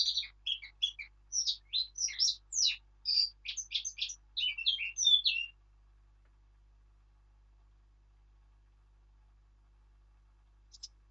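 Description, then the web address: Eurasian blackcap song: a rapid run of varied warbled and whistled notes for about five seconds, then silence with one brief note near the end. "birdsong Sylvia atricapilla"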